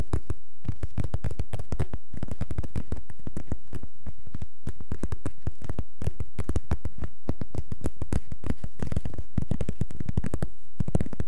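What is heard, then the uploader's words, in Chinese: Rapid, continuous scratching: dense rasping strokes follow one another quickly and irregularly, with a full, rough low body and a dry, gritty top. Tiny pauses occur every couple of seconds, but the scratching never really stops across the eleven seconds. 抓挠声。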